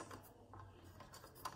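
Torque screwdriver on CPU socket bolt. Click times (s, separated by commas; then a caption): 1.5 s. A torque screwdriver is turned on the second bolt of the CPU socket while installing an AMD Ryzen Threadripper 3990X, with faint ticks as it turns. It gives a sharp click at 1.5 s, confirming the bolt has reached its set torque.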